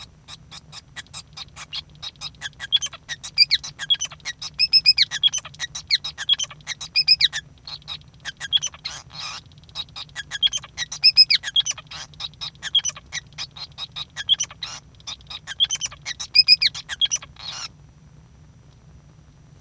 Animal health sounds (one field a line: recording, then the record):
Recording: song of a male Bengalese finch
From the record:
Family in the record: son of father 5